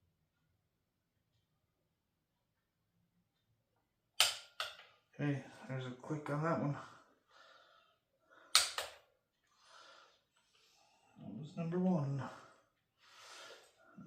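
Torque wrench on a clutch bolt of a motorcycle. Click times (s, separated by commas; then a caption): 4.2 s. A click-type torque wrench tightens a bolt on a Barnett clutch upgrade on a Harley-Davidson motorcycle clutch assembly, done carefully out of concern about breaking bolts off. The wrench gives a sharp click at 4.2 s, confirming it has reached its setting on the first bolt, and another sharp click follows near 8.6 s. Someone talks throughout.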